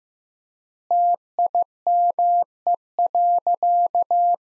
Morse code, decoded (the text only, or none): TIME.